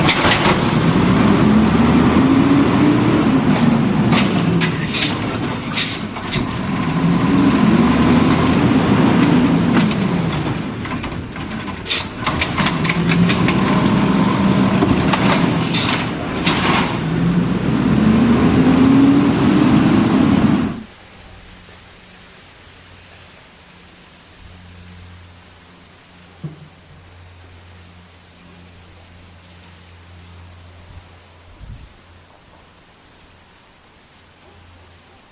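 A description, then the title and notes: A garbage truck runs loudly for the first twenty seconds, its engine rising and falling in repeated swells about every five seconds, with scraping, clattering and a few sharp bangs. Then it cuts off abruptly, leaving a quiet low hum with a couple of faint knocks. Garbage Trucks.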